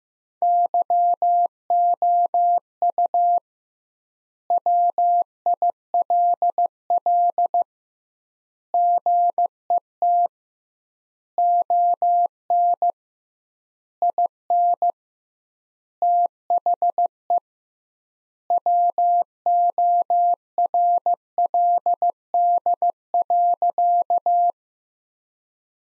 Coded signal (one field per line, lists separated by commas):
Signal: Morse code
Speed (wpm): 16 wpm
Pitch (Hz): 700 Hz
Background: none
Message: YOU WILL GET ON IN THE WORLD.